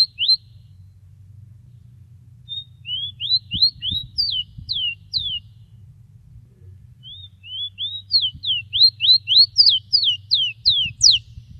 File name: suara burung rowti